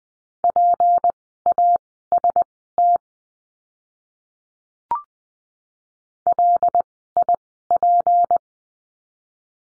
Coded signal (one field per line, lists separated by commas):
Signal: Morse code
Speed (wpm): 20 wpm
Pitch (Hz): 700 Hz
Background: none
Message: PAST LIP